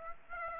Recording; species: mosquito wingbeat signal from an infrared sensor; Aedes aegypti